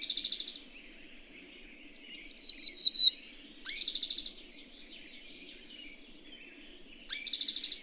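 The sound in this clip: Bird giving three harsh, buzzy bursts with a fast run of six high, gradually falling whistled notes between the first two, against a faint low hum.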